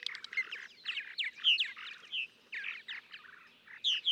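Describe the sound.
Purple martin song: bursts of gurgling, chirping notes broken by short pauses.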